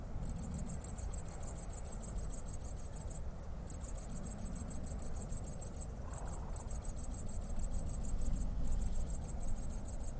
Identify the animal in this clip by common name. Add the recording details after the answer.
Great Green Bush-cricket. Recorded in the wild. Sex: male. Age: imago. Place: Kloster, Insel Hiddensee, Mecklenburg-Vorpommern, DE. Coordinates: 54.5908, 13.1058. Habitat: meadow. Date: 2008-09-09 20:30. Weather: ca. 15°C. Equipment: Sound Devices 702, Sennheiser MKH 70, Windkorb. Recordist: Frommolt, Karl-Heinz. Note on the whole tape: Dornbuschhang: Gesang im Sanddornbestand. Tier nichtgesehen. Artbestimmung nur auf der Grundlage des Gesanges